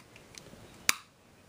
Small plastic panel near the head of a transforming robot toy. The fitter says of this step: you push this little panel right here slightly up then it should click into place like so